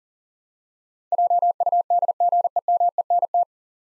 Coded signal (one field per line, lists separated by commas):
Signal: Morse code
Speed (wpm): 40 wpm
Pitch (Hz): 700 Hz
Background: none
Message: JUDGEMENT